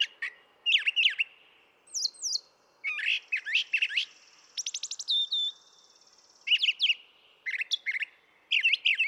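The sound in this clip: Brown thrasher song, varied phrases of slurred whistles, chirps and a fast rattling trill, many repeated twice before switching to a new phrase.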